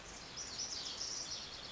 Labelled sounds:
Lazuli Bunting
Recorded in Sonoma County, California

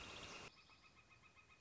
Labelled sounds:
Northern Flicker
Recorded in Sonoma County, California

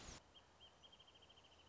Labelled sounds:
Wrentit
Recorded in Sonoma County, California

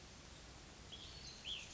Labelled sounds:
Cassin's Vireo
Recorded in Sonoma County, California

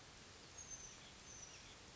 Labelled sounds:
Oak Titmouse
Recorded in Sonoma County, California

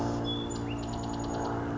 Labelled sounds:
Chestnut-backed Chickadee
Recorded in Sonoma County, California

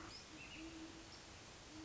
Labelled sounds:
Great Horned Owl
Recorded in Sonoma County, California

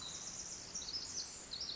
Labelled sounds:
Pacific Wren
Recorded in Sonoma County, California

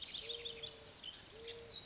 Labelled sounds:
Mourning Dove
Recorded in Sonoma County, California

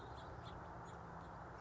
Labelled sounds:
House Finch
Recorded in Sonoma County, California

